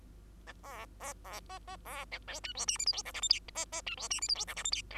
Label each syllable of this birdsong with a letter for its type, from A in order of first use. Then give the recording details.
A B B B C C B A D E F G H I J K L M N C C E F G H I J K L M N. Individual Bird2